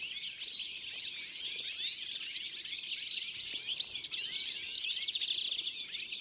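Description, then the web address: Birds chirping en masse, a crowded, shrill twitter of looping and sweeping notes. "Deverinetal"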